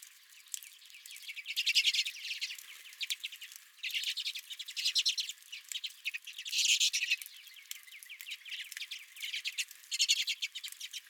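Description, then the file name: Redpolls twittering steadily, with louder buzzy chattering bursts roughly every two to three seconds over constant background chirping of a flock. Several redpolls at the recordist's own feeder. "Redpolls at My Feeder"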